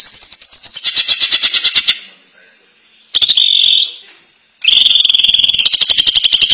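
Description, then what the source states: Greater green leafbird song: three loud bursts of fast rattling notes mixed with drawn-out buzzy whistles, broken by short quiet pauses. Champion (juara) competition bird.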